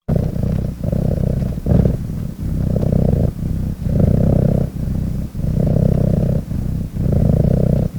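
Animal giving a deep, rumbling purr-like sound in long pulses separated by brief pauses, steady throughout.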